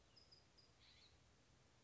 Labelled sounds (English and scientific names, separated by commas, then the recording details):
California Scrub-Jay (Aphelocoma californica)
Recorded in Sonoma County, California